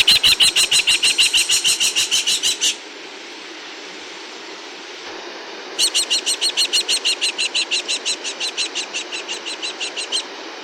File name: New Zealand Falcon